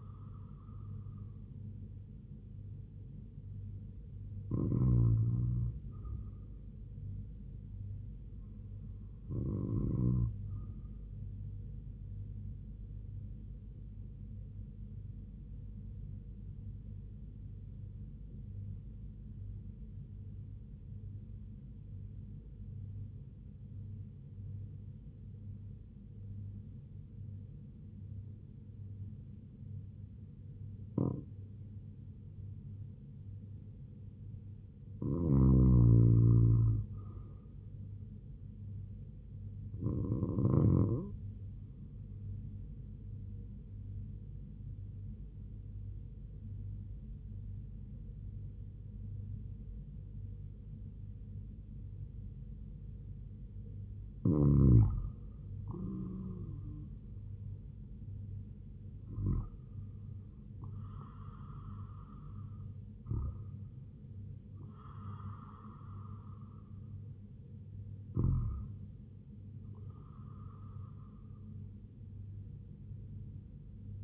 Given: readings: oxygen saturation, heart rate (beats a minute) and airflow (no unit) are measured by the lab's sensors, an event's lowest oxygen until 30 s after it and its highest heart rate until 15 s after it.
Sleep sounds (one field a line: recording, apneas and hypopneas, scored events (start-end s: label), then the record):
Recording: breathing in sleep by a smartphone at the bedside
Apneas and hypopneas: 2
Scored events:
12.00-32.90 s: hypopnea (REM, oxygen 99% highest, then 93% lowest, heart rate 71 at the start, 76 highest)
42.00-57.80 s: hypopnea (REM, oxygen 96% highest, then 93% lowest, heart rate 74 at the start, 79 highest)
From the record:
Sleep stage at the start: REM sleep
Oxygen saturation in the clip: 93 to 99%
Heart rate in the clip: 63 to 79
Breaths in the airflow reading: 11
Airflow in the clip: -4.5 to 4.8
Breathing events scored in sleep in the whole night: 158 in 7.3 hours asleep